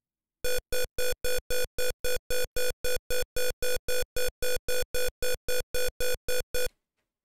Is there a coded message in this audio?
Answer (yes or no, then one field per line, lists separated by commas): no